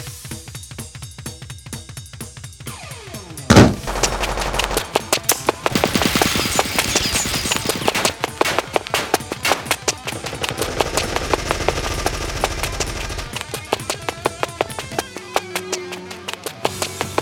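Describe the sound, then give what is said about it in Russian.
Rapid bursts of automatic weapon fire rattle on and off as finger-length needles are shot into the ground, dense sharp cracks in quick succession with a heavy boom near the start and a low rumble beneath. “Со звуком выстрелов автоматического оружия в землю впиваются иглы с указательной палец каждая.”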